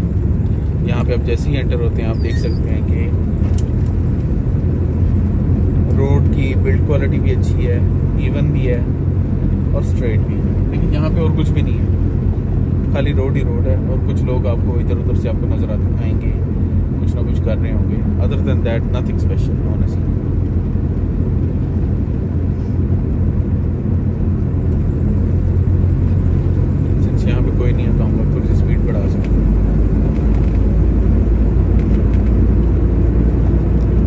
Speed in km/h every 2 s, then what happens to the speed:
26, 27, 29, 30, 29, 29, 28, 28, 28, 28, 28, 28, 30, 32, 35, 37, 38.
0-22 steady at about 28. 22-34 speeds up to 38.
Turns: none.